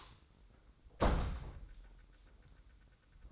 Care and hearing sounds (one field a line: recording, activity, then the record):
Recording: daily activity, microphone in the room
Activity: close door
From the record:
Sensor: 3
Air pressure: 990.4 hPa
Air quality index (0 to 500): 172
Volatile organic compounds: 1000 ppm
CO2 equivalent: 5587 ppm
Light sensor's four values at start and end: 48/113/46/44 and 48/113/46/44